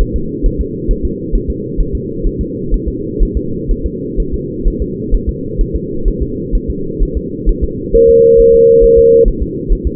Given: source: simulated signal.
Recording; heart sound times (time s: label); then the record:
fetal heart sounds
0.01 s: S1
0.16 s: S2
0.46 s: S1
0.61 s: S2
0.91 s: S1
1.05 s: S2
1.35 s: S1
1.50 s: S2
1.81 s: S1
1.95 s: S2
2.27 s: S1
2.41 s: S2
2.74 s: S1
2.88 s: S2
3.22 s: S1
3.37 s: S2
3.71 s: S1
3.86 s: S2
4.20 s: S1
4.34 s: S2
4.68 s: S1
4.82 s: S2
5.14 s: S1
5.29 s: S2
5.61 s: S1
5.75 s: S2
6.08 s: S1
6.22 s: S2
6.55 s: S1
6.70 s: S2
7.02 s: S1
7.17 s: S2
7.49 s: S1
7.64 s: S2
7.95 s: S1
8.09 s: S2
8.40 s: S1
8.54 s: S2
8.84 s: S1
8.98 s: S2
9.28 s: S1
9.42 s: S2
9.72 s: S1
9.87 s: S2
From the record:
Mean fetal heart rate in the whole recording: 130 bpm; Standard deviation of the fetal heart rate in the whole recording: 4 bpm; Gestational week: 38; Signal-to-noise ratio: -6.6 dB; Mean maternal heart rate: 72 bpm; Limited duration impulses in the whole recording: present